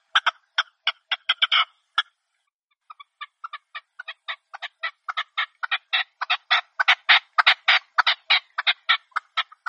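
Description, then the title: Red-legged partridge giving harsh chuck notes in quick rhythmic runs, a brief pause, then a longer, denser series. Red-legged partridge call used as a hunting lure. "Canto de Perdiz. Reclamo de Perdiz"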